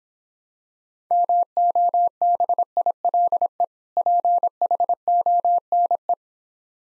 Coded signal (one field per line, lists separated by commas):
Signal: Morse code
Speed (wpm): 26 wpm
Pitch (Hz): 700 Hz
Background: none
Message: MOBILE PHONE